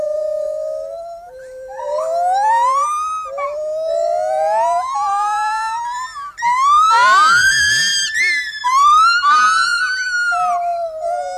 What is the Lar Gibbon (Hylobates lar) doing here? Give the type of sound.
song